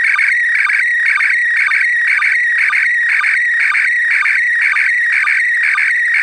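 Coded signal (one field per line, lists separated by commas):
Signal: SSTV (slow-scan television)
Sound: warbling, chirpy tone sweeping up and down with a steady ticking pulse about twice a second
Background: radio static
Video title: ARISS SSTV Award Remembering Owen Garriott W5LFL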